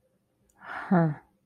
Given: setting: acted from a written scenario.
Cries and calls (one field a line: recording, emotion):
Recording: vocal sound without words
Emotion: confusion